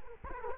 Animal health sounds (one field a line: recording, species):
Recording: mosquito wingbeat signal from an infrared sensor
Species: Culex quinquefasciatus